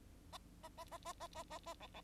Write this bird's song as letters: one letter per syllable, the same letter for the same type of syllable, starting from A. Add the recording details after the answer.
A A A A A A A A B B. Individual Bird9